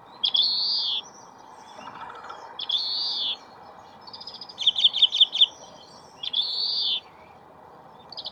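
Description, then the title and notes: Grey-capped greenfinch calls: drawn-out nasal wheezes repeated several times, with a short burst of quick, high twittering between two of them. 45 greenfinches counted on the walk, calling high in the crown of a tall plane tree at Nanhanhe Park, Beijing, 11 February 2022, overcast day, -5 to 9°C. "观鸟地点：北京南旱河公园. 金翅雀45只"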